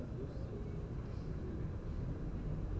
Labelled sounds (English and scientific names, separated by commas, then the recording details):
none
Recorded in Germany
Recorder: ecoPi